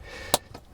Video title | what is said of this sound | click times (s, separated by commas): How to Winterize an RV - Winnebago Micro Minnie 2100BH | So they just take a little click right here, | 0.3 s